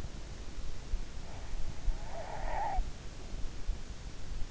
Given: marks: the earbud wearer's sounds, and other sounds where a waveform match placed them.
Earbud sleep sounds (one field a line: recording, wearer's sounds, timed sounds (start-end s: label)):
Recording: sounds in sleep by an in-ear microphone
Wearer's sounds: snoring breath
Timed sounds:
1.33-3.62 s: snoring breath